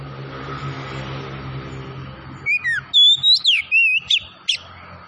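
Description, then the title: Oriental magpie-robin bursting into song halfway through: loud whistled slurs and sharp rising and falling notes over a steady low hum. Tretes variety, singing vigorously (gacor). "Kacer Tretes Gacor"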